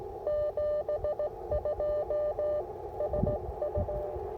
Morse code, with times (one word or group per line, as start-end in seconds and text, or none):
0.3-2.6 72
3.0-4.1 SU